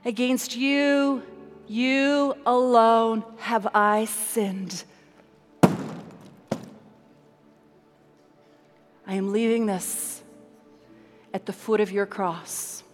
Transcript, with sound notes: Against You, You alone have I sinned!” [Sound of the pink suitcase dropping to the floor.] “I’m leaving this at the foot of Your cross,